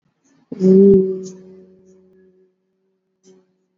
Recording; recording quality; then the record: sustained vowel as in beet; moderate, slight background noise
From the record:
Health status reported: exposed to COVID-19, no respiratory illness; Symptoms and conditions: cough, cold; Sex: female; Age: 18 years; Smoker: yes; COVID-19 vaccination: both doses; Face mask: worn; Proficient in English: yes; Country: India